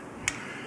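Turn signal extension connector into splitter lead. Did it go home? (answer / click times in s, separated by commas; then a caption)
yes / 0.3 s. A turn signal extension connector for an advanblack lower fairing LED light and ram air vent is plugged into the left-side lead of a splitter. Against a quiet, steady background, a single sharp, bright click is heard at 0.3 s. The connector seats firmly in place.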